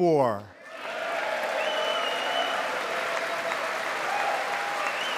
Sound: applause

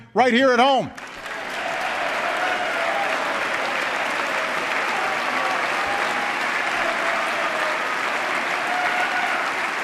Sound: applause

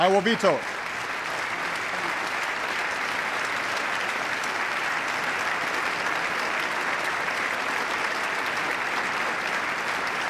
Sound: applause

